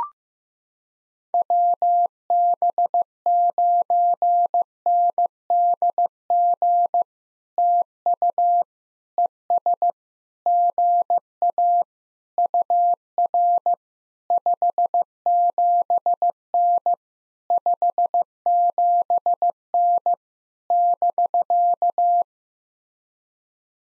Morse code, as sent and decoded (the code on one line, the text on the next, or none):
.-- -... ----. -. -.. --. / - ..- / . ... / --. .- / ..- .-. / ..... --... -. / ..... --... -. / -...-.-
WB9NDG TU ES GA UR 57N 57N <BK>